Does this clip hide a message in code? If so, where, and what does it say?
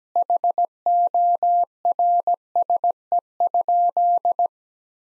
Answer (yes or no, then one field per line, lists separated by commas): yes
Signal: Morse code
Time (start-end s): 0.2-4.5 s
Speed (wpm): 17 wpm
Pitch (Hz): 700 Hz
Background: none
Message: HORSE?